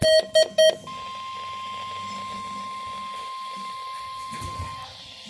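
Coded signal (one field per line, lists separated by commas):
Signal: Emergency Alert System (SAME) tones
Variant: 1050 Hz attention tone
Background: speech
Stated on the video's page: NOAA weather radio required weekly test.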